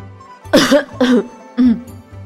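Three short, dry, raspy coughs in quick succession from someone who has choked on tea, over a soft low hum with no talking.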